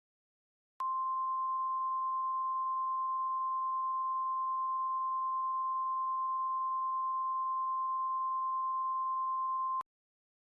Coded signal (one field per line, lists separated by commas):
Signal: Emergency Alert System (SAME) tones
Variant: 1050 Hz attention tone